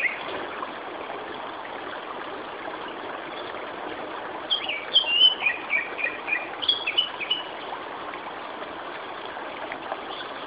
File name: Turdus cardis